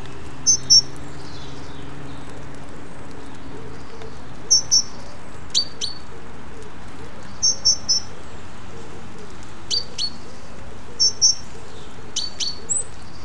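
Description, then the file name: Great tit calls: short high paired or tripled chinking notes repeated at intervals, with soft, low, curved warbling notes from another bird underneath. "Parus major"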